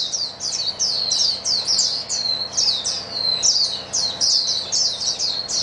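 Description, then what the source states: White-eyes in chorus, with clear descending slurred whistles standing out over a constant wash of high chirping. Chorus of many white-eyes singing together.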